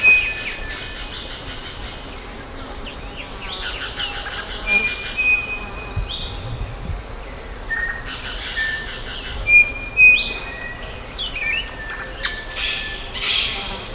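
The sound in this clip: Bird calls: irregular chirps and short whistled notes, some in quick clusters, with a steady high insect drone throughout and occasional low thuds.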